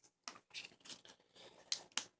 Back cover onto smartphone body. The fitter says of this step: this phone here snaps into place would it be really good really well in